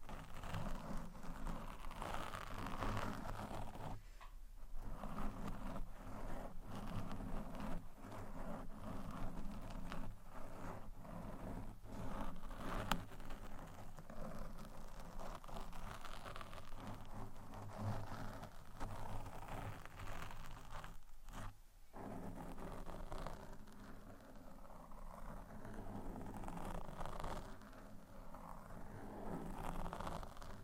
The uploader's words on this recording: ASMR Mic Scratching (No Talking).